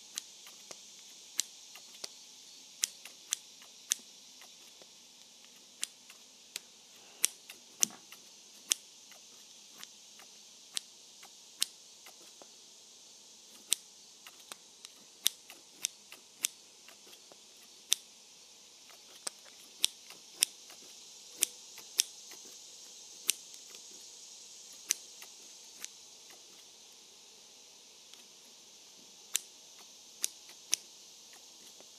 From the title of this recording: Cutting with Scissors